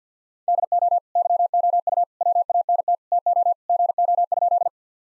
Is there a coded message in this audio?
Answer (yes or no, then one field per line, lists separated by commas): yes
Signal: Morse code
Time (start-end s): 0.5-4.7 s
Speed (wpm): 49 wpm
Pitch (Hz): 700 Hz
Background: none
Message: DO YOU WANT TO GO?